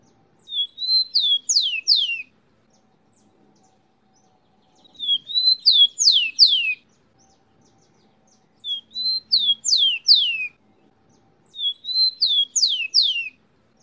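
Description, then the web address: Rufous-collared sparrow song of high whistles ending in quick down-slurred notes, heard four times with irregular silent gaps between phrases. Local name tico tico. "lucas passarinho"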